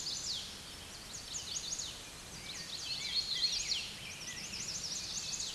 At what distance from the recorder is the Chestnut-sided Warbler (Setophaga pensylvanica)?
about 55 m